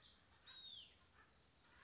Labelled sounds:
Hutton's Vireo (Vireo huttoni)

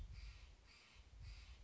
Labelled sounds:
Steller's Jay (Cyanocitta stelleri)

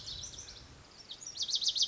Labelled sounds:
Lazuli Bunting (Passerina amoena)

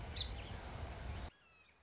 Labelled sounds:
Song Sparrow (Melospiza melodia)

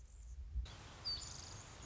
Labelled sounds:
Anna's Hummingbird (Calypte anna)

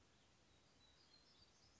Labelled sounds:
Black-throated Gray Warbler (Setophaga nigrescens)

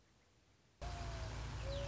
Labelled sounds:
Mourning Dove (Zenaida macroura)

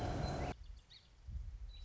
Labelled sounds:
Song Sparrow (Melospiza melodia)

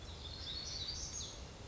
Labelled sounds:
Black-throated Gray Warbler (Setophaga nigrescens)

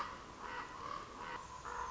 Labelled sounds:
Common Raven (Corvus corax)

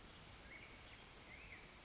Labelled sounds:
Black-headed Grosbeak (Pheucticus melanocephalus)

